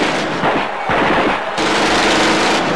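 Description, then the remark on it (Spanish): Loud, dense bursts of army gunfire crackle without pause, rapid automatic shots blurring into a harsh, continuous rattle with a brief dip before surging again, as troops fire on a student demonstration in the Plaza de las Tres Culturas, Tlatelolco, ten days before the Olympic Games. “Más de 500 jóvenes mueren masacrados por disparos del ejército en la Plaza de las Tres Culturas de Tlatelolco.”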